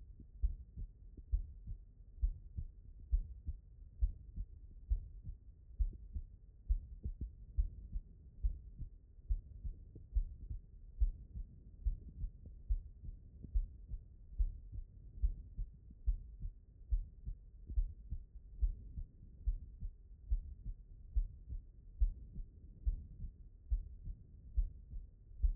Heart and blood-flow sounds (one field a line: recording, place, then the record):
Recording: heart sounds by stethoscope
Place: pulmonary valve (PV)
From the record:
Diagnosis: non-HFrEF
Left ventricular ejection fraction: 63%